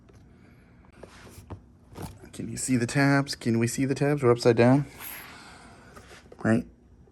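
A 3D printed plastic label holder is handled against the front of a plastic Milwaukee PACKOUT tool-storage drawer while someone talks. A few faint handling ticks and taps are heard under the voice. Nothing has seated or clicked into place yet.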